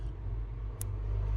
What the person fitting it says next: Double click, in we go.